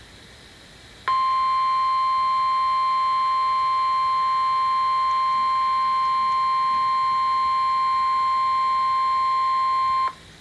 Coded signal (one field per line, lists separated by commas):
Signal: Emergency Alert System (SAME) tones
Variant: 1050 Hz attention tone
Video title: WCN 12 05 2018 #84 Severe Thunderstorm Watch EAS